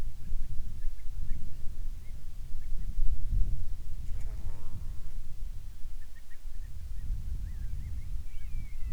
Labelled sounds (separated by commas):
bird, wind, insects